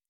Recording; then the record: hydrophone in a shrimp aquaculture tank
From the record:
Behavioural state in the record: normal